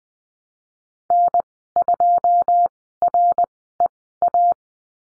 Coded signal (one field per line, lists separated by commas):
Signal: Morse code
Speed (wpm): 20 wpm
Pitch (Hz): 700 Hz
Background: none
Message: N2REA